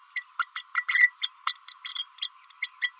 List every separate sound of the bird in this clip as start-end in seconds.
0.15-0.23, 0.39-0.46, 0.55-0.63, 0.74-0.85, 0.88-1.12, 1.21-1.29, 1.46-1.53, 1.68-1.73, 1.95-2.05, 2.21-2.29, 2.62-2.69, 2.81-2.92